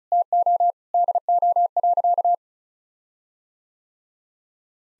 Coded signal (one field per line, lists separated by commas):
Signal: Morse code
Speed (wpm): 34 wpm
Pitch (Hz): 700 Hz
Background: none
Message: TO DO.